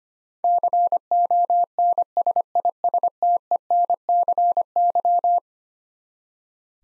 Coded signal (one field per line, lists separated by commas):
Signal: Morse code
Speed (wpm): 25 wpm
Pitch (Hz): 700 Hz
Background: none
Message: CONSISTENCY